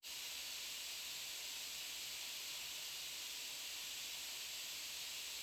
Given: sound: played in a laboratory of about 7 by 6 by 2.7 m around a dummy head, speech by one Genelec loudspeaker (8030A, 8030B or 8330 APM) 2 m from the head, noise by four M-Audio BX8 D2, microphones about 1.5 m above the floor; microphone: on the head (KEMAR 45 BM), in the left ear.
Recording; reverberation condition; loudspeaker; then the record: white noise; medium; four, about 170 cm from the corners of the room and facing them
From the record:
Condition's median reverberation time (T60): about 510 ms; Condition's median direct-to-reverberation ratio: about -0.5 dB